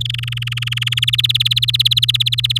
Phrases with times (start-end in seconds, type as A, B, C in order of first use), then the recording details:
0.01-0.99 A, 1.02-2.58 B. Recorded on 9 May 2018 at 08:26. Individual llb16